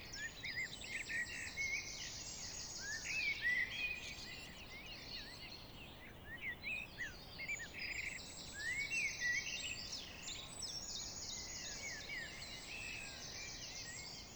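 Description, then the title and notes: Common blackbird song: warbled phrases with thin high twitters, against steady background noise. Blackbirds singing in early evening, clearing of the Vallée des Traouïero, Trégastel, France, April 2019; MKH 8040 ORTF pair, Rycote, Sound Devices MixPre-D, Zoom H5 recorder. "Vallée des Traouiero, Trégastel, France - Blackbirds, Evenings birds in the valley [Valley Traouïero]. yponomeutaneko"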